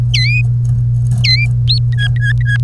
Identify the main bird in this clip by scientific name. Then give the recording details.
Serinus canaria. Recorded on 1 May 2018 at 16:08. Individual llb3